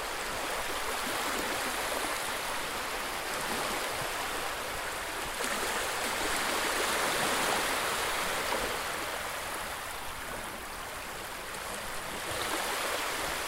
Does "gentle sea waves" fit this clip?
yes